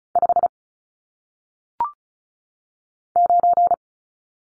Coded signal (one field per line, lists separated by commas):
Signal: Morse code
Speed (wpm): 35 wpm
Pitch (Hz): 700 Hz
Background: none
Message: 5 9